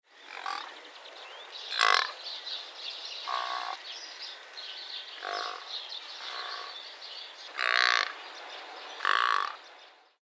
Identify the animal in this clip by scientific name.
Boselaphus tragocamelus